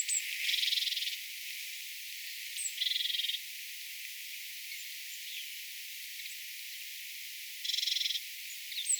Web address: paivat 25 9 2025 tuolla tavoin aanteleva ilmeinen sinitiainen